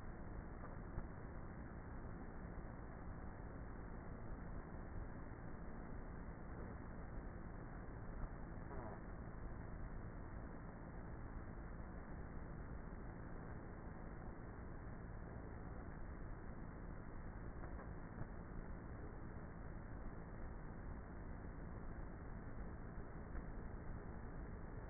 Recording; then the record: honeybee colony, microphone inside the hive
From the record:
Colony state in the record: queenless with a low population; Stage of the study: before two queens were removed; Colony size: about 30,000 bees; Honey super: no